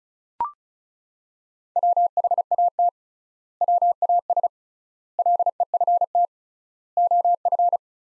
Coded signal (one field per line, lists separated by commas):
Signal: Morse code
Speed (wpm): 36 wpm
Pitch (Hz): 700 Hz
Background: none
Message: WHAT WAS LEFT OF